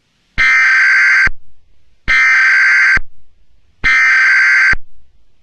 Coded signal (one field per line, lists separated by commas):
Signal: Emergency Alert System (SAME) tones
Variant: header bursts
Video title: Black Sunday | An EAS Scenario